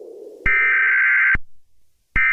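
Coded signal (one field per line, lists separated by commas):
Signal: Emergency Alert System (SAME) tones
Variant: header bursts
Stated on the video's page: Fictional mock EAS alerts for a Michigan severe weather outbreak, made for entertainment.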